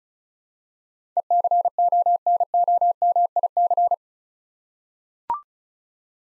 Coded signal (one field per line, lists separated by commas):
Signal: Morse code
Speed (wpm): 36 wpm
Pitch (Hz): 700 Hz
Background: none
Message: ECONOMIC